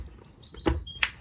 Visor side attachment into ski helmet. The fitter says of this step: There we go, you can hear the click it back in.